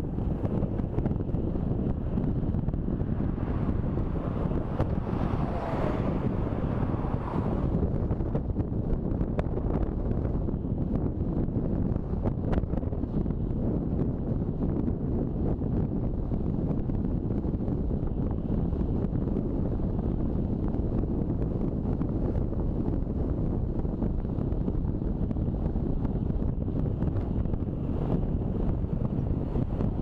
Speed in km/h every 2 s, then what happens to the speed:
23, 23, 26, 26, 25, 23, 24, 27, 26, 27, 27, 27, 26, 24, 26.
0-30 steady at about 26.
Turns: none.